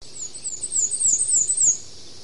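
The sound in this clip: Black-and-white warbler song: a fast string of thin, very high, squeaky wavering notes repeated several times, growing louder, over faint background hiss.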